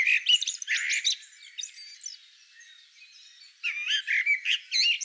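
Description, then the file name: Common blackbird song in two bursts of warbled, squeaky notes with a soft, quiet stretch between them. "Turdus merula"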